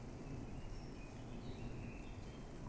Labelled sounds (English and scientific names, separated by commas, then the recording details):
Eurasian Blackcap (Sylvia atricapilla)
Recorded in Germany
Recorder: ecoPi